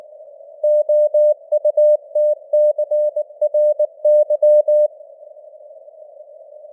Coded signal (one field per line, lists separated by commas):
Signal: Morse code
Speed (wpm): 19 wpm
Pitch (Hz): 600 Hz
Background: none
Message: OUTCRY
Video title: Morse Code News | 2025-10-02 | 19wpm